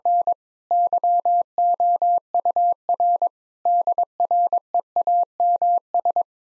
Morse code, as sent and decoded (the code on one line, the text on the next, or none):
-. / -.-- --- ..- .-. / -.. .-. . .- -- ...
N YOUR DREAMS